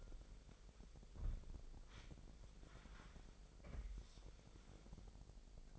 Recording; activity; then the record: daily activity, microphone in the room; wipe stove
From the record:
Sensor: 5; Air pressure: 1001.1 hPa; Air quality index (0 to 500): 248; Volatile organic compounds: 35 ppm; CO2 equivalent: 3052 ppm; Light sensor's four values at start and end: 29/66/27/25 and 30/68/28/26